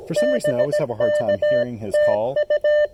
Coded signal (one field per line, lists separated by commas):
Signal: Morse code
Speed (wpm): 17 wpm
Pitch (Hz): 600 Hz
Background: speech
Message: BK TU